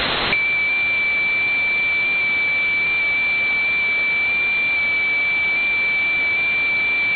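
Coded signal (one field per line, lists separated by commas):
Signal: FT8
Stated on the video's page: Beacon transmission cycle of WSPR, odd and even FT8 ID, and CW ID on 8m; received slightly off frequency with RTL-SDR and LNA on an 80m end-fed half-wave.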